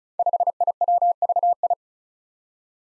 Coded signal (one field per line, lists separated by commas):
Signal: Morse code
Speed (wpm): 36 wpm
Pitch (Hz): 700 Hz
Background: none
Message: 5IWVI